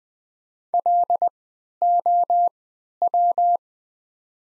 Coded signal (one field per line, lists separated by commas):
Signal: Morse code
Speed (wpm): 20 wpm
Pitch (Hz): 700 Hz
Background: none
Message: LOW